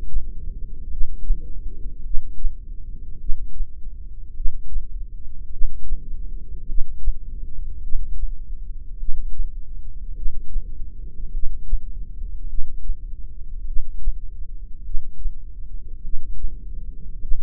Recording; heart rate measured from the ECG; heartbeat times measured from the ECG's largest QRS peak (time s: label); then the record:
heart sounds by microphone in the left ear; 52 bpm
0.90 s: heartbeat
2.05 s: heartbeat
3.20 s: heartbeat
4.36 s: heartbeat
5.52 s: heartbeat
6.68 s: heartbeat
7.83 s: heartbeat
8.99 s: heartbeat
10.16 s: heartbeat
11.33 s: heartbeat
12.49 s: heartbeat
13.67 s: heartbeat
14.85 s: heartbeat
16.04 s: heartbeat
17.21 s: heartbeat
From the record:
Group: heart failure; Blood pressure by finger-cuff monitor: 104/57 mmHg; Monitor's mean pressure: 73 mmHg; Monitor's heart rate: 52 bpm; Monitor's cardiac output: 4.5 L/min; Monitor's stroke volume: 88 mL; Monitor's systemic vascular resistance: 1150 dyn s/cm5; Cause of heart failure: cardiac sarcoid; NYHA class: 1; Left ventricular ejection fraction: 39%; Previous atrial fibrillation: present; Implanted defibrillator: present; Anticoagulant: apixaban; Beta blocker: carvedilol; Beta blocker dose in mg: 50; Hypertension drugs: ramipril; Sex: male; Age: 79 years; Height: 184 cm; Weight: 92.5 kg